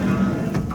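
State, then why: Not seated. A sliding storage tray in the exterior basement storage bay of a 2022 Entegra Aspire 44B RV is pushed back, giving a steady low-pitched rumble with a short, sharper bump near 0.7 s. The clip ends before the tray is home, and its latch has not caught or clicked yet.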